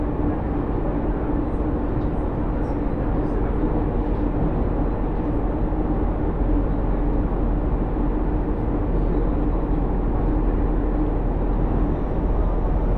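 Inside a moving train, a steady low rumble and rolling hum continue without break, with faint high chirps and squeaks scattered throughout.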